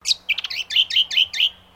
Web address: Sound Effects-Foundation 1 BIRD BROWN HONEY EATER CALL